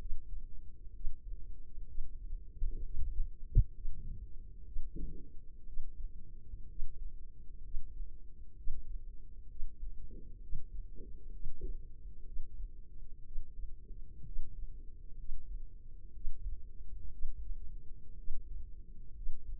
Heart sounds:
heart sounds by microphone in the left ear; 63 bpm
0.90 s: heartbeat
1.83 s: heartbeat
2.79 s: heartbeat
3.69 s: heartbeat
4.61 s: heartbeat
5.62 s: heartbeat
6.64 s: heartbeat
7.59 s: heartbeat
8.52 s: heartbeat
9.45 s: heartbeat
10.37 s: heartbeat
11.28 s: heartbeat
12.22 s: heartbeat
13.21 s: heartbeat
14.21 s: heartbeat
15.13 s: heartbeat
16.10 s: heartbeat
17.08 s: heartbeat
18.13 s: heartbeat
19.11 s: heartbeat
From the record:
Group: healthy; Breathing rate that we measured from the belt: 16 breaths a minute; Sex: female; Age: 23 years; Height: 160 cm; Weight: 50.4 kg

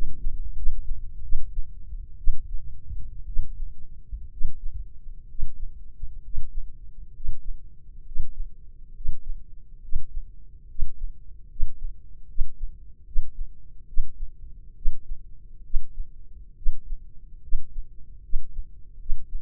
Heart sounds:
heart sounds by microphone in the left ear; 68 bpm
0.55 s: heartbeat
1.22 s: heartbeat
2.18 s: heartbeat
3.26 s: heartbeat
4.30 s: heartbeat
5.27 s: heartbeat
6.21 s: heartbeat
7.12 s: heartbeat
8.03 s: heartbeat
8.93 s: heartbeat
9.80 s: heartbeat
10.67 s: heartbeat
11.47 s: heartbeat
12.26 s: heartbeat
13.04 s: heartbeat
13.86 s: heartbeat
14.74 s: heartbeat
15.62 s: heartbeat
16.55 s: heartbeat
17.41 s: heartbeat
18.22 s: heartbeat
18.98 s: heartbeat
From the record:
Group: healthy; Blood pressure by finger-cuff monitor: 96/51 mmHg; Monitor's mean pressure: 63 mmHg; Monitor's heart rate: 68 bpm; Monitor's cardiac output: 6.3 L/min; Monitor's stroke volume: 92 mL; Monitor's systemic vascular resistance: 660 dyn s/cm5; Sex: female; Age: 22 years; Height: 157 cm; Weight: 47.6 kg

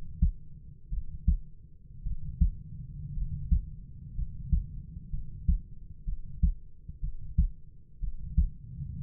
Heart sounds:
heart sounds by stethoscope; 59 bpm
0.90 s: heartbeat
2.03 s: heartbeat
3.14 s: heartbeat
4.15 s: heartbeat
5.11 s: heartbeat
6.05 s: heartbeat
7.01 s: heartbeat
8.00 s: heartbeat
9.00 s: heartbeat
From the record:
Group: healthy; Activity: rest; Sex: male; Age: 25 years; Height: 170 cm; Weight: 70.4 kg

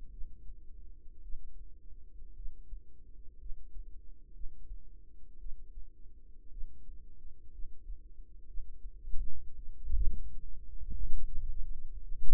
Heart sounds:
heart sounds by microphone in the right ear; 57 bpm
0.09 s: heartbeat
1.21 s: heartbeat
2.33 s: heartbeat
3.37 s: heartbeat
4.31 s: heartbeat
5.37 s: heartbeat
6.49 s: heartbeat
7.50 s: heartbeat
8.45 s: heartbeat
9.54 s: heartbeat
10.64 s: heartbeat
11.58 s: heartbeat
From the record:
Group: healthy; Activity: rest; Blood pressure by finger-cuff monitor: 87/60 mmHg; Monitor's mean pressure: 69 mmHg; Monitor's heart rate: 55 bpm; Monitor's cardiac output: 4.2 L/min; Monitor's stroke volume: 75 mL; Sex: female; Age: 36 years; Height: 163 cm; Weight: 88 kg

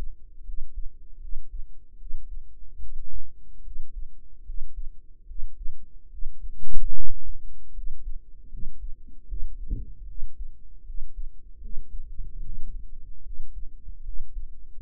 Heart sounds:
heart sounds by microphone in the right ear; 75 bpm
0.43 s: heartbeat
1.18 s: heartbeat
1.96 s: heartbeat
2.78 s: heartbeat
3.61 s: heartbeat
4.43 s: heartbeat
5.25 s: heartbeat
6.08 s: heartbeat
6.91 s: heartbeat
7.72 s: heartbeat
8.48 s: heartbeat
9.25 s: heartbeat
10.05 s: heartbeat
10.83 s: heartbeat
11.59 s: heartbeat
12.39 s: heartbeat
13.21 s: heartbeat
14.02 s: heartbeat
14.75 s: heartbeat
From the record:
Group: healthy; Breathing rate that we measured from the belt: 17 breaths a minute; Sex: female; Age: 19 years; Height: 163 cm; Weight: 48.9 kg

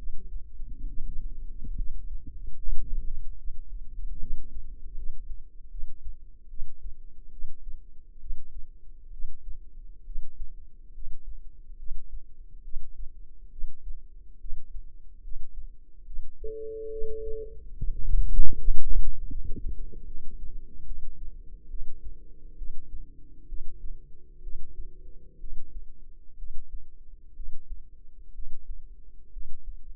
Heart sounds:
heart sounds by microphone in the left ear; 70 bpm
0.87 s: heartbeat
1.75 s: heartbeat
2.54 s: heartbeat
3.36 s: heartbeat
4.19 s: heartbeat
4.94 s: heartbeat
5.69 s: heartbeat
6.48 s: heartbeat
7.30 s: heartbeat
8.18 s: heartbeat
9.10 s: heartbeat
10.04 s: heartbeat
10.92 s: heartbeat
11.76 s: heartbeat
12.62 s: heartbeat
13.49 s: heartbeat
14.38 s: heartbeat
15.21 s: heartbeat
16.04 s: heartbeat
16.90 s: heartbeat
17.75 s: heartbeat
18.54 s: heartbeat
19.29 s: heartbeat
20.05 s: heartbeat
20.84 s: heartbeat
21.68 s: heartbeat
22.56 s: heartbeat
23.47 s: heartbeat
24.41 s: heartbeat
25.38 s: heartbeat
26.36 s: heartbeat
27.34 s: heartbeat
28.32 s: heartbeat
29.30 s: heartbeat
From the record:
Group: healthy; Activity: Valsalva maneuver 0-2 s, rest 2-13 s, Valsalva maneuver 13-30 s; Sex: female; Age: 22 years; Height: 160 cm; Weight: 45 kg

